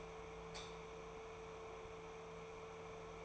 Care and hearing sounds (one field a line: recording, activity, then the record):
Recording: daily activity, microphone in the room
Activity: light off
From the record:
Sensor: 1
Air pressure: 1014.6 hPa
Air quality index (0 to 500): 173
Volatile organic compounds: 14 ppm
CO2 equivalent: 2449 ppm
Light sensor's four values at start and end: 16/44/17/19 and 13/33/13/15